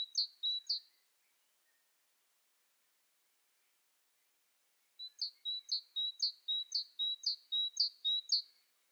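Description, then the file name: Great tit singing: the tail of one bright two-syllable series, four seconds of quiet, then a new run of several evenly repeated high see-saw phrases. "Parus major"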